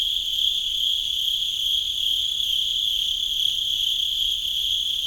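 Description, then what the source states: Cricket trilling in a continuous high, steady ring throughout. Recorded at Sakhalvasho.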